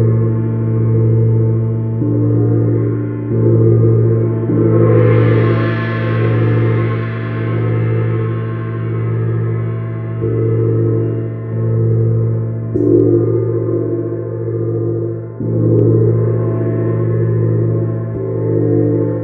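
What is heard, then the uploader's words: A large gong hums with a deep, sustained drone, its layered low tones ringing steadily throughout. The sound swells and wavers in slow pulses, with a brighter shimmering wash rising around five seconds and again near seventeen seconds, without any sharp strikes. The sounds and vibrations of the Sidereal Moon Gong.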